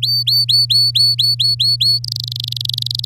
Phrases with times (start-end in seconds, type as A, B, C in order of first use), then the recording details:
0.02-1.99 A, 2.04-3.05 B. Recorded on 9 May 2018 at 06:06. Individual llb16